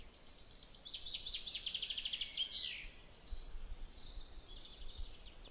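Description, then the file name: Bird calls: a fast run of high, sharp chirps in the first three seconds, then fainter thin notes over steady background noise with low rumble. "oiseau"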